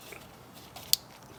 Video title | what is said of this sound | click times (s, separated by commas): Replacing My Damaged Needle Bearing With The ECGS Bushing - Tacoma Repair Part 3 | there we go nice click | 0.9 s